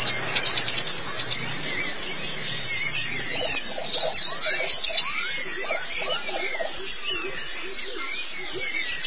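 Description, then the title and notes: White-eye song: a continuous, dense stream of high, tumbling twitters and chirps with little pause. Long-duration recording of the chirping song. "Kicauan Burung Pleci Durasi Panjang. Suara kicauan burung pleci"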